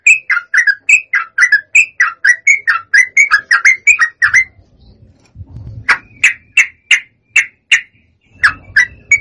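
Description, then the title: Yellow-vented bulbul song: quick run of rich bubbly notes, a brief pause with low rumbling, then a series of sharp, separate chirps. Master recording of a persistently, energetically singing (gacor) bird, used for training. "Masteran Trucukan Gacor"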